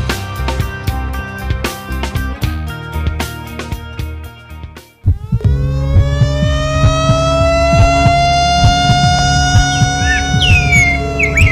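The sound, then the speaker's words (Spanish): A siren starts up abruptly after a few seconds of choppy tonal sound, its loud wail rising slowly in pitch and holding steady with strong harmonics to the end. “Pájaros suenan mejor que las sirenas.”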